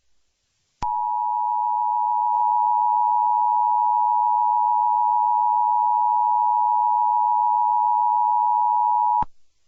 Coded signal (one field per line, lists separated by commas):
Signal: Emergency Alert System (SAME) tones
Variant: 853 and 960 Hz attention tone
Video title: EAS Scenario - Inanimate Awakening -